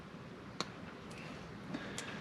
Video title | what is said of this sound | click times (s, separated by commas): 1973 Yamaha AT3 Project Vol 10 | it's on snapped | 0.6 s, 2.0 s